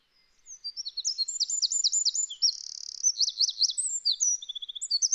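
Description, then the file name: Eurasian wren song: a loud, rapid run of high metallic notes and looping phrases, with a fast buzzy trill in the middle, then more sharp warbled notes. "Troglodytes troglodytes"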